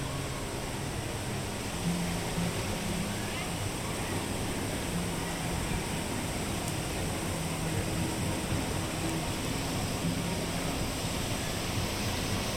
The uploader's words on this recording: Grizzly Peak and Redwood Creek Challenge Trail (Disney's California Adventure) Binaural Walk Through. In this episode we take a peaceful walk through around the most tranquil place in all of Disney's California Adventure, Grizzly Peak.